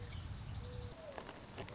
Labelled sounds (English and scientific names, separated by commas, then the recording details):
Mourning Dove (Zenaida macroura)
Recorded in Sonoma County, California